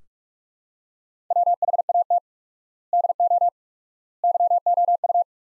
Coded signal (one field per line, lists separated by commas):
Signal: Morse code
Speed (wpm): 46 wpm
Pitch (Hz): 700 Hz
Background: none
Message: WHAT DO YOU